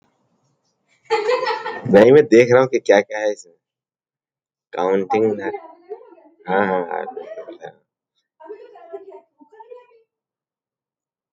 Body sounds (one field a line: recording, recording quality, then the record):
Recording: heavy voluntary cough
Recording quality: poor, much background noise or distortion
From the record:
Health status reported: healthy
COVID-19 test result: not tested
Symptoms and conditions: cough, cold, sore throat, fever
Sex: male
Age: 52 years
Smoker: not ticked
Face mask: not worn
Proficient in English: yes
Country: India